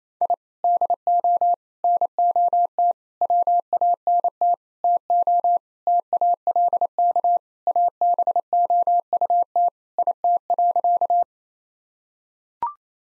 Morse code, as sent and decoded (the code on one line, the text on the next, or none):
.. / -.. --- / -. --- - / .-- .- -. - / - --- / - .- .-.. -.- / .- -... --- ..- - / .. - .-.-.-
I DO NOT WANT TO TALK ABOUT IT.